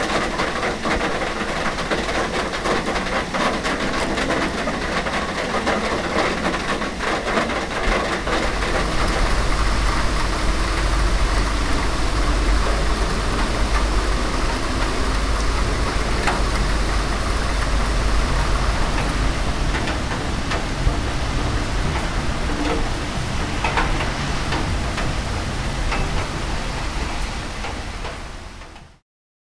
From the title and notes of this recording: Rain. Дощ 13 липня.